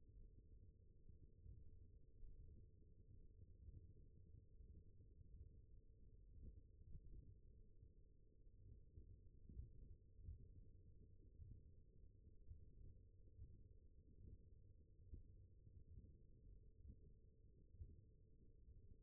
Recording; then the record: forearm muscle sounds (acoustic myography)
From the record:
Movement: index flexion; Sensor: system 1, eight BSWA MPA416 microphones around the upper forearm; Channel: 3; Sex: male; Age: 21 years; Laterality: right